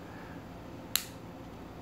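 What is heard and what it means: A small folding tool on a metal ROXON SPARK (CM1349) multitool is unfolded, and its individual lock engages with a single sharp click at 0.96 s against a faint background hiss. Opening the tool makes the lock catch, so it must be lifted before the tool can fold again, and the lock seats in place.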